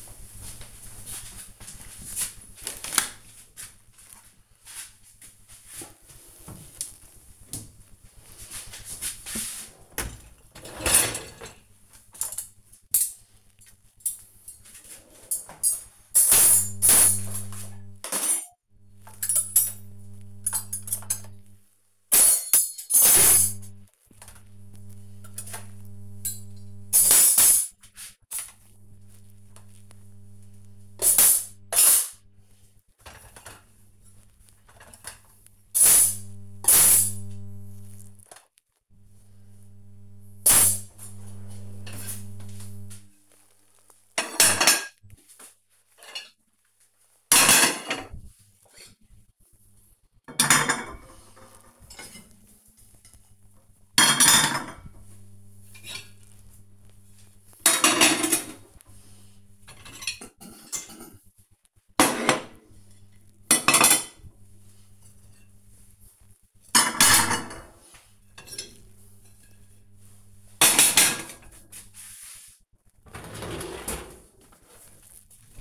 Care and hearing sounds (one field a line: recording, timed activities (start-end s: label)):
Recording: household activities, microphone on the right wrist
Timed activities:
3.64-75.14 s: cleaning out the dishwasher